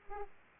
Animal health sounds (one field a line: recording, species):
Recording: mosquito wingbeat signal from an infrared sensor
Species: Aedes aegypti